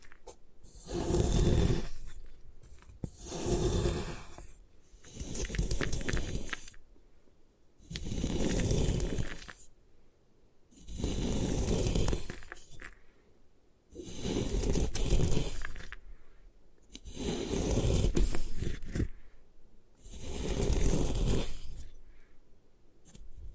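Gym chalk is crushed and scraped in steady, gritty strokes, each lasting a second or two, repeating about every two and a half seconds.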